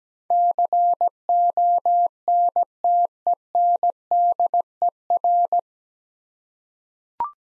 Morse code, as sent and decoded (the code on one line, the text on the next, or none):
-.-. --- -. - . -. -.. . .-.
CONTENDER